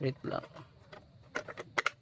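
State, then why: Seated. A thermostat controller module for a solar setup is pushed into its mounting until the built-in auto lock engages, with faint handling ticks before two sharp clicks at 1.8 s and 1.9 s. Someone talks briefly at the start, and the module ends up locked in place.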